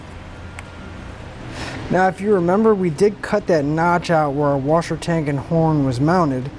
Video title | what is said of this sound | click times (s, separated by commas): etrailer - DIY 2018 Ford Focus Installation for the Blue Ox Base Plate Kit | make sure you hear that click so it locks into place now | 0.6 s